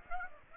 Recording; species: mosquito wingbeat signal from an infrared sensor; Aedes aegypti